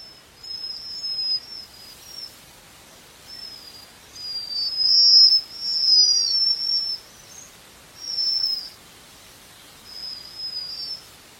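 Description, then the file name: Japanese waxwing producing high-pitched sibilant trills, short level notes that cluster and overlap midway, then space out again, with quiet hiss behind. "Canto da japanese Waxwing"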